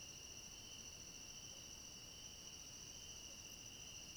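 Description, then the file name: Crickets chorusing, an unbroken high-pitched trill, steady from start to finish over low background noise. Chorus of crickets at night. "Coro de grilos a noite com cachorro longe"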